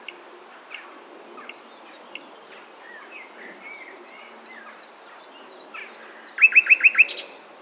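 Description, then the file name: Common nightingale song: a thin high whistle descending slowly in steps, fainter chirps underneath, ending in a loud burst of five quick rising notes. "Luscinia megarhynchos"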